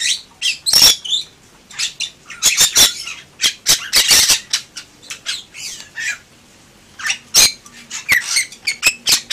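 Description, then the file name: Bali myna giving loud harsh squawks and sharp clicking notes in clustered bursts separated by brief pauses. "suara jalak bali"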